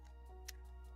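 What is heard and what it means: A 3D-printed PLA part of an RC car model is pressed into place, giving a single sharp click at 0.5 s over a steady low hum. The part snaps in and is seated.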